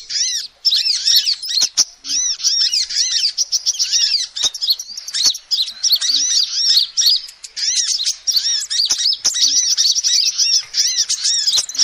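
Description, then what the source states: Lovebird chattering: dense, shrill squeaky chirps and arched twitters in rapid bursts, with short pauses and a few sharp clicks. Lovebird call used as a lure to trap birds.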